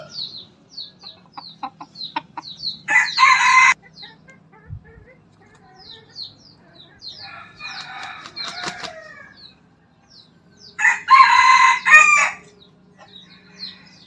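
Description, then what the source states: Chicken: rooster crowing, a hoarse crow early and another late, a fainter crow between, with small birds chirping and a low hum throughout. Bangkok rooster crowing.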